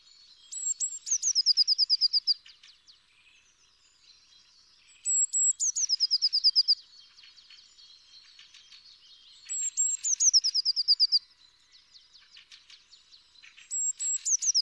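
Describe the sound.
Eurasian blue tit song: high thin notes falling into a quick descending trill, phrases repeated about every four seconds, with soft twittering between.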